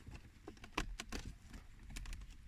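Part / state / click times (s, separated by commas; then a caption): gear shift knob trim onto car gear lever / seated / 0.8 s, 1.0 s. While reassembling the gear lever of a Golf 7, the plastic-clipped gear shift knob and gaiter trim is pressed back onto the lever, with sharp plastic clicks at 0.8 s and 1.0 s as it clips firmly into place. A few softer taps and handling sounds follow while the trim sits seated.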